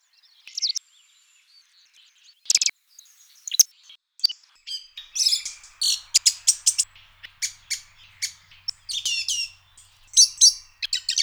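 Bird song: high, sharp chirps and downslurred notes, sparse at first, then a denser, more continuous run in the second half, bursts separated by brief pauses.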